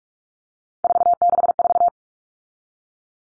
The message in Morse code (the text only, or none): 464